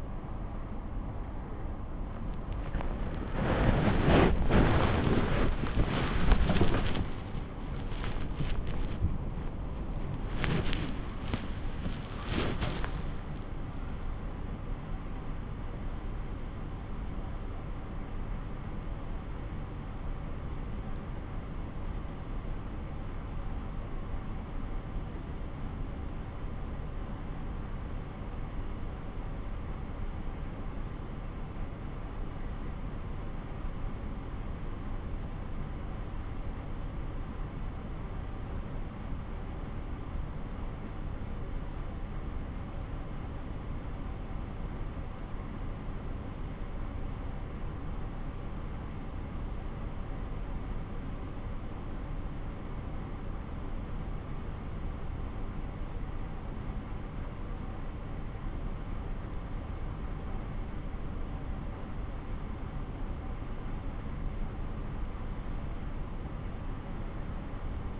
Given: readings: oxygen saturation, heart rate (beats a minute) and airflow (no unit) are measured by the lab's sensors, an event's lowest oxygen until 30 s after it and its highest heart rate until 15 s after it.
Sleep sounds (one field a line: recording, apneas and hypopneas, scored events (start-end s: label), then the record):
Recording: breathing in sleep by a smartphone at the bedside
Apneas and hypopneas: 1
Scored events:
12.00-68.00 s: new sleep stage, N1 (lightest sleep)
24.00-57.80 s: hypopnea (N1, oxygen 98% highest, then 89% lowest)
From the record:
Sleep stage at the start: N2 (light sleep)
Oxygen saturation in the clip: 92 to 98%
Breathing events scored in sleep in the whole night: 217 in 6.3 hours asleep